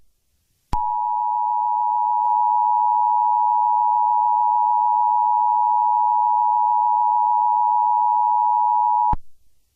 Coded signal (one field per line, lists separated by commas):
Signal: Emergency Alert System (SAME) tones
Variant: 853 and 960 Hz attention tone